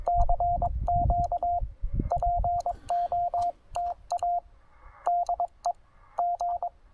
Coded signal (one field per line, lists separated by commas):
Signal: Morse code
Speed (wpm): 22 wpm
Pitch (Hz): 700 Hz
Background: radio noise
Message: CQ POTA DE G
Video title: Fast & Simple QRP POTA: Table Rock Fish Hatchery with the TR-45L and AX3!